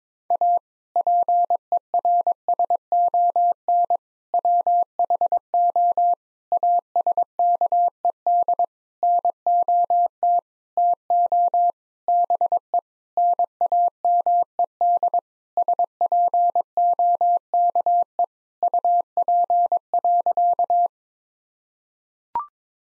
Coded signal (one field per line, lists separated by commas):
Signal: Morse code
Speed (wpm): 22 wpm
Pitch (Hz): 700 Hz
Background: none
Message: A PERSON WHO ASKED NOT TO BE NAMED SPOKE UP.